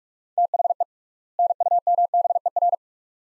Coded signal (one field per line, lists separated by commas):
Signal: Morse code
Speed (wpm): 46 wpm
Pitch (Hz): 700 Hz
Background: none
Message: THE NUMBER